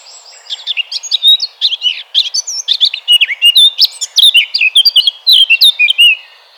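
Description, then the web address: Eurasian blackcap song: a rapid, rich warble of varied whistled and fluty notes, flowing continuously for several seconds without pause. "vogelstimmen moenchsgrasmuecke gesang nabu lars lachmann"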